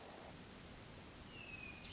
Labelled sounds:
Hermit Thrush
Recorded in Sonoma County, California

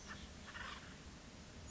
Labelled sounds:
Acorn Woodpecker
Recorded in Sonoma County, California

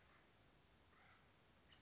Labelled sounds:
Acorn Woodpecker
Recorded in Sonoma County, California

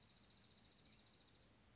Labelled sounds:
Dark-eyed Junco
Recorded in Sonoma County, California

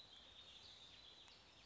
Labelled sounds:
Warbling Vireo
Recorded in Sonoma County, California

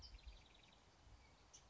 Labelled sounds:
California Towhee
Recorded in Sonoma County, California

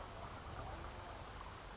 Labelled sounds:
California Towhee
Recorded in Sonoma County, California

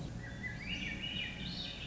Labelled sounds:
Swainson's Thrush
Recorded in Sonoma County, California

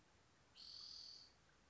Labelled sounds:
Spotted Towhee
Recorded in Sonoma County, California

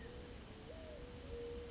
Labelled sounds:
California Quail
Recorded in Sonoma County, California

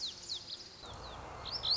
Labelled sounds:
Lazuli Bunting
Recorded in Sonoma County, California

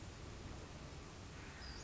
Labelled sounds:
Western Flycatcher
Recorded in Sonoma County, California

